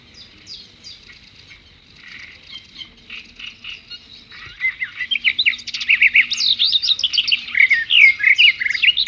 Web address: Blue Box birds birds in at water